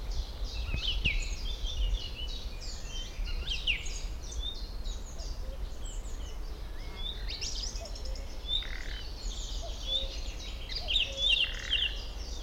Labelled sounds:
Song Thrush
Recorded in the wild
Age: adult
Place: Schildow, NSG, Kalktuffgelände am Tegeler Fließ (NSG Schildow), Berlin, DE
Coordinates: 52.642, 13.37
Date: 1992-06-21
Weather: sonnig, 19-26 °C
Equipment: Marantz CP 430, Sennheiser ME 80, Kopie Tesla B 116
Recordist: Tembrock, Günter

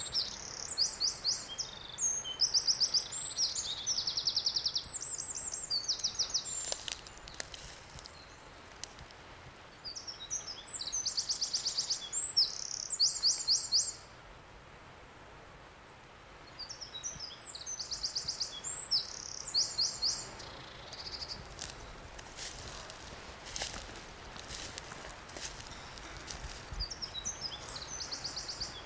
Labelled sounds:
Eurasian Wren
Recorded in the wild
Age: adult
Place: Kühlungsborn, Mecklenburg-Vorpommern, DE
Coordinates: 54.147, 11.742
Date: 1992-03-23 16:30
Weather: bedeckt, 8 °C, kein Wind
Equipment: Nagra SN, Mikrofon AKG CK 8, Kopie Tesla B 116
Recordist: Tembrock, Günter

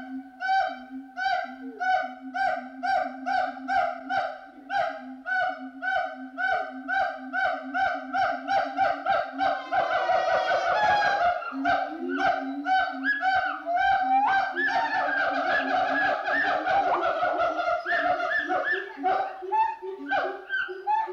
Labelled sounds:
Siamang
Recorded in captivity
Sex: pair
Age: adult
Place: Zoo Berlin, Berlin, DE
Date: 1988-07-23
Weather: sonnig, 21-30°C
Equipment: 19 cm Stereo
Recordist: Tembrock, Günter

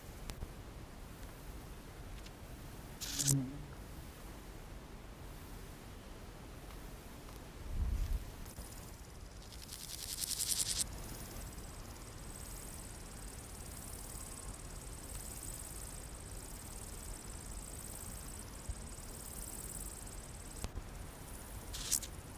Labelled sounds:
Meadow Grasshopper
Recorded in the wild
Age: imago
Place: Rappelsdorf (b. Schleusingen), Thüringen, DE
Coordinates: 50.5, 10.7167
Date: 1987-08-22 17:27
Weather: sunny, ca. 33,7°C in the sun
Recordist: Tembrock, Günter

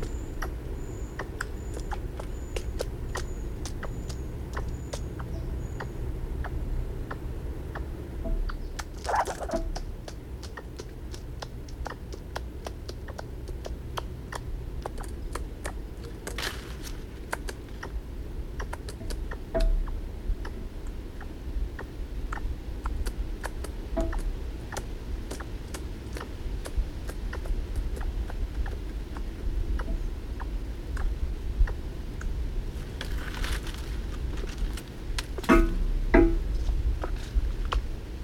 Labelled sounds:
Eurasian Red Squirrel call
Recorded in the wild
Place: Neustrelitz, Mecklenburg-Vorpommern, DE
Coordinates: 53.36, 13.073
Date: 1986-09-05
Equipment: Nagra III BH, Sennheiser MD 21, parabola
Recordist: Schubert, Michael
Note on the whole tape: Zwei Eichhörnchen: Rufe und Klettergeräusche

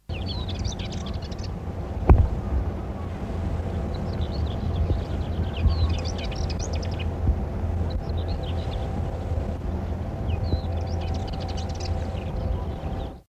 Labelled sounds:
Subalpine Warbler song
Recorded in the wild
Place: GR
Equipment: Halbspur, 9,5 cm/s
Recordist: Lütgens, Hans
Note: Nordgriechenland, Gesang

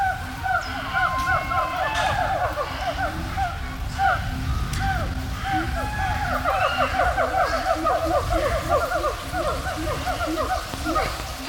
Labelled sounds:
Siamang
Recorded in captivity
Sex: pair
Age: adult
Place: Münchner Tierpark Hellabrunn, Bayern, DE
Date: 1993-09-20 11:21
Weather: 17 °C, heiter
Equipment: Marantz CP 430, Sennheiser MKH 416 T, Kopie Uher Variocord 263
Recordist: Tembrock, Günter

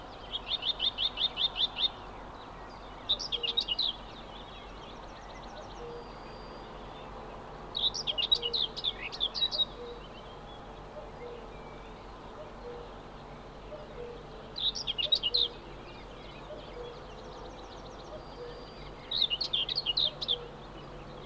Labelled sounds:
Common Whitethroat song
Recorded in the wild
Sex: male
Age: adult
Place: Spittal an der Drau, Drautal, Kärnten, AT
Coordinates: 46.7917, 13.4958
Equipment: Uher 4000, Philips Mikrofon Type EL 6020, Kopie DAT
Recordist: Brunner, Thomas

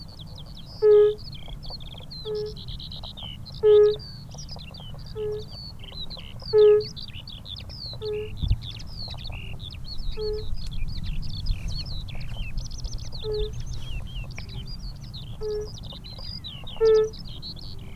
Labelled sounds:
Fire-Bellied Toad call
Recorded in the wild
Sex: male
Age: adult
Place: Falkenberger Rieselfelder, Barnim, Berlin, DE
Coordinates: 52.5839, 13.5542
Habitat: pond
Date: 1991-04-28 12:10
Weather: heiter; Wasser: 16,5°C. Luft: 19°C
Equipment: Uher 4000 Report Monitor, Sennheiser ME 80, K 30 AV, Original, Windschutz
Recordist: Frommolt, Karl-Heinz

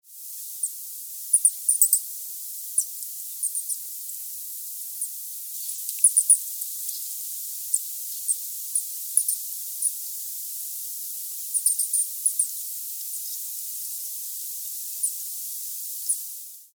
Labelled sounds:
Common Dwarf Mongoose
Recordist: Tembrock, Günter
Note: Hochfrequente Klicklaute

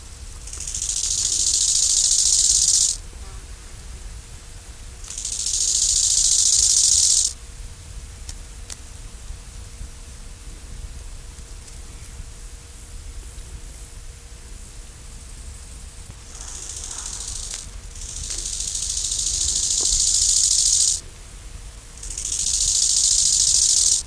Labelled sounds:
Bow-winged Grasshopper stridulation
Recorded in the wild
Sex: male
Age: imago
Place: Dahmsdorf, Märkische Schweiz, Brandenburg, DE
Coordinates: 52.5167, 14.0833
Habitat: Waldwiese
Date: 1999-09-16 12:50
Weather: schwach sonnig, 19,6°C, diesig
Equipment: Sony WM-D6C, Sennheiser ME 80, Kopie Uher 4000 Report Monitor
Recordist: Tembrock, Günter

